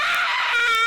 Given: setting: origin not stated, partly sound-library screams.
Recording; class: one-second piece from a danger detection set; woman in danger